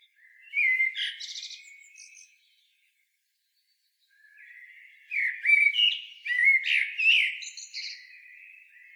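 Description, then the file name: Eurasian blackbird singing two phrases of mellow fluty warbling mixed with scratchy high twitters, the second longer and louder after a short silent gap. "Turdus merula"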